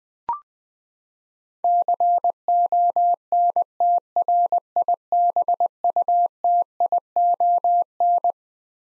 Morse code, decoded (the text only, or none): CONTRIBUTION